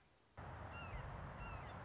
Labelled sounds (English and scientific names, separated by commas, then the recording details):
Red-shouldered Hawk (Buteo lineatus)
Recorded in Sonoma County, California